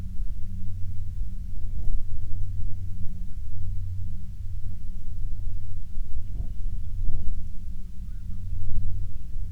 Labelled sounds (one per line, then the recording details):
songbird
wind
aircraft
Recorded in the Prudhoe Bay oil fields, Alaska, on 21 June 2019 at 09:42
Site 22